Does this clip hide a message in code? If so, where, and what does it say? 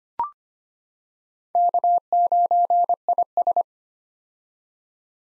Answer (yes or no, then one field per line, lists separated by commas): yes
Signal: Morse code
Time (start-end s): 1.6-3.6 s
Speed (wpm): 25 wpm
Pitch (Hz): 700 Hz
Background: none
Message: K9IS